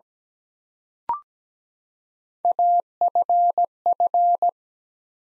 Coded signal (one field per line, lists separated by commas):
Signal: Morse code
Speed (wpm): 17 wpm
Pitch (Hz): 700 Hz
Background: none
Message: AFF